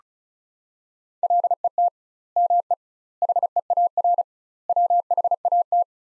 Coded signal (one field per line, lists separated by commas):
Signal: Morse code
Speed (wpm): 34 wpm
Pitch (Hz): 700 Hz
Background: none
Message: LET ME HEAR WHAT